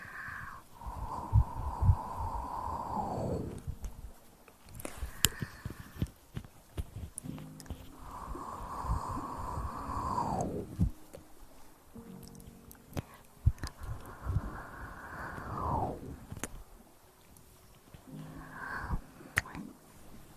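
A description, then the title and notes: Intense mouth sounds: long breathy rushes of air, like strong exhales or slurping draws, swell and fade at about 0–4, 8–11 and 14–17 seconds. Between them come sharp clicks, smacks and small wet pops, with a final shorter breath near 19 seconds. Intense Mouth Sounds.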